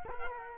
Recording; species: mosquito wingbeat signal from an infrared sensor; Culex quinquefasciatus